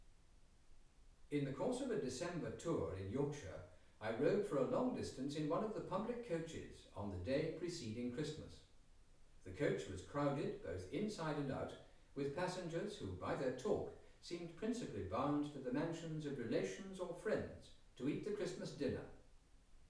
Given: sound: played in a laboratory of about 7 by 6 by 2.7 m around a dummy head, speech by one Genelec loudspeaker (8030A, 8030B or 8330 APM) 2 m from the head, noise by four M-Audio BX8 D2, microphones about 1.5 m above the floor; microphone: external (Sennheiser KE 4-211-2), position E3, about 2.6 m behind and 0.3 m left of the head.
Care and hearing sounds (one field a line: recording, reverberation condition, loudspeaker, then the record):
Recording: male speech in English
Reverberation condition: medium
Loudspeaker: 30 degrees to the right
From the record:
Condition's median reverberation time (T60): about 510 ms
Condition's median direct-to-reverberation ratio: about -0.5 dB